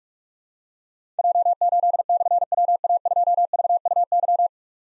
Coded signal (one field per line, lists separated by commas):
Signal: Morse code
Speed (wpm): 44 wpm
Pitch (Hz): 700 Hz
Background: none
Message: J8/WA2VUY